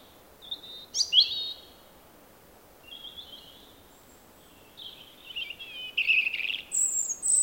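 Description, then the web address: Robin singing in short, separated high phrases: brief whistles and warbles, then a scratchy twittered run and a very high thin note near the end. "Robin. Paul Smith Gallery"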